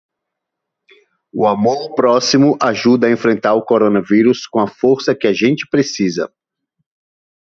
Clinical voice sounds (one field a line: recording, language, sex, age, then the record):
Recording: spoken sentence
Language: Brazilian Portuguese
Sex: male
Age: 40 to 49 years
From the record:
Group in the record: control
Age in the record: 40 years